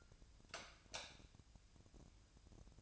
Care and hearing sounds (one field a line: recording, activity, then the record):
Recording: daily activity, microphone in the room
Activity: light off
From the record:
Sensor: 2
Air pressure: 999.9 hPa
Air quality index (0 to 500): 117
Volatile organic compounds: 2 ppm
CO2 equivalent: 1006 ppm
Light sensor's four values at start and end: 44/114/48/54 and 39/98/42/48